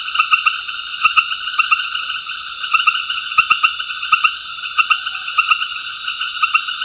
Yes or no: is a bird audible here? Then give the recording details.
no. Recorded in dense forest near Puerto Asís, Putumayo, Colombia, on 19 February 2024 at 19:00. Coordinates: 0.496, -76.326. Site G6383